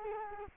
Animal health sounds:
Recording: mosquito wingbeat signal from an infrared sensor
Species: Culex quinquefasciatus

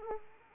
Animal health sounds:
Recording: mosquito wingbeat signal from an infrared sensor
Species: Anopheles arabiensis

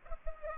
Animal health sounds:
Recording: mosquito wingbeat signal from an infrared sensor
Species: Culex pipiens

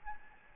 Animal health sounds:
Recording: mosquito wingbeat signal from an infrared sensor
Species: Aedes albopictus

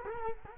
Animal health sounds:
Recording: mosquito wingbeat signal from an infrared sensor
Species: Culex quinquefasciatus

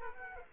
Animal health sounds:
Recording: mosquito wingbeat signal from an infrared sensor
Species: Aedes aegypti

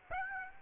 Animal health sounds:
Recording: mosquito wingbeat signal from an infrared sensor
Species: Aedes aegypti

